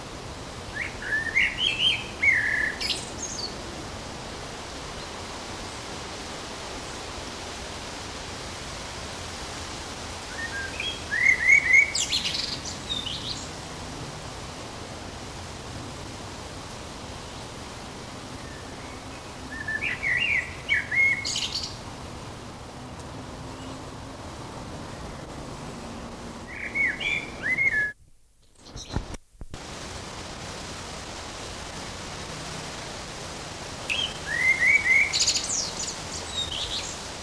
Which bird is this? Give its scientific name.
Turdus merula